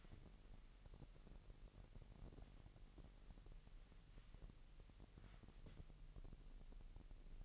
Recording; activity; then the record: daily activity, microphone in the room; wipe stove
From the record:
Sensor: 4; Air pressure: 1001.9 hPa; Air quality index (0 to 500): 248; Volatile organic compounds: 41 ppm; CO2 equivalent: 3164 ppm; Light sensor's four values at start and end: 9/20/8/7 and 9/19/8/7